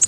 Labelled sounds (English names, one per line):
Nashville Warbler flight call